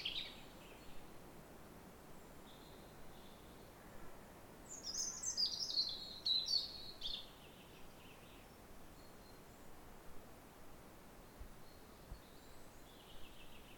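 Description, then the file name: European robin song, one bright cluster of sharp high tinkling notes in the middle, with faint fragments before and after over background hiss. "Erithacus rubecula"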